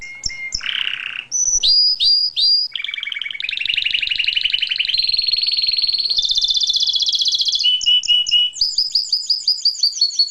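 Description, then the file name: Canary singing a varied song of chirps, then long rolling buzzy trills that shift pitch, ending in quick repeated high whistled notes. "suara kenari"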